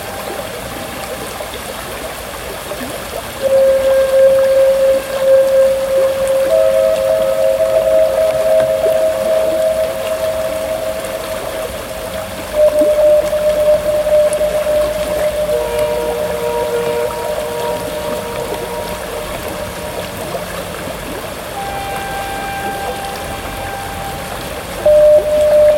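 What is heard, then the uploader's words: By the River San, a steady watery hiss runs underneath throughout. From about four seconds a humming, motor-like tone rises over it and holds, stepping up or down in pitch every few seconds until the end, with a brief louder swell near the close. By the River San.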